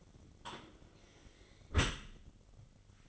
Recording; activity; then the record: daily activity, microphone in the room; close dishwasher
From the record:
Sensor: 4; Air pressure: 1003.9 hPa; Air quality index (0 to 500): 153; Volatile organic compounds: 2 ppm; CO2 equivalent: 1091 ppm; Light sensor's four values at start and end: 26/63/26/29 and 28/67/28/30